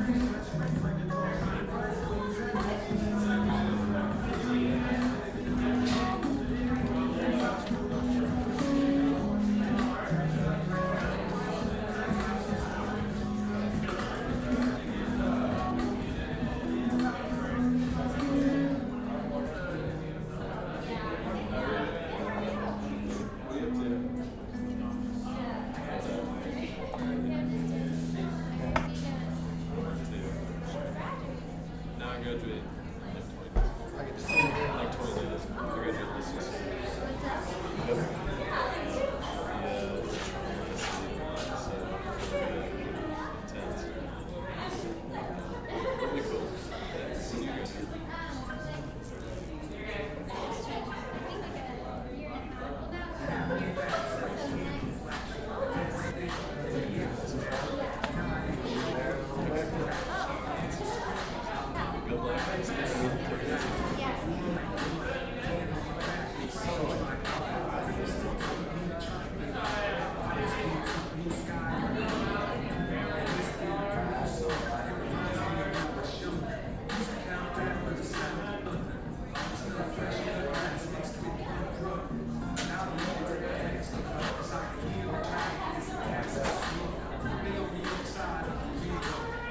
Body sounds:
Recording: background sound without coughing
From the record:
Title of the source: 60 minutes of coffee shop sounds for study and concentration

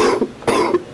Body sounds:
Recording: coughing mixed with background sound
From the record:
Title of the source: Coughing 77

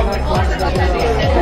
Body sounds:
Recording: background sound without coughing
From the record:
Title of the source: Nightlife Party Simulating Party Club Noise 1 Hour

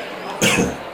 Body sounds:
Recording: coughing mixed with background sound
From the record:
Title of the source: Spring Cold Coughing.

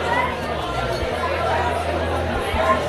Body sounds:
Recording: background sound without coughing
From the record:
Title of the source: CITY SOUNDS Busy Bar in the Evening Night - 2 HOURS of Ambiance for Relaxation

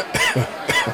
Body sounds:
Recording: coughing mixed with background sound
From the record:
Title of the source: Dry Afternoon Cough

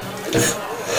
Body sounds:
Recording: coughing mixed with background sound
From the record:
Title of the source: Cough Around the Clock!

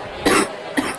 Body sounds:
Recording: coughing mixed with background sound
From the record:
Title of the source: 30 Chesty and wet cough

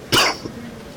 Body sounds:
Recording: coughing mixed with background sound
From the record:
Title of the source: Coughing 60

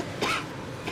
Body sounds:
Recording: coughing mixed with background sound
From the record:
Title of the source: 64 coughing, allergies, singing lungs

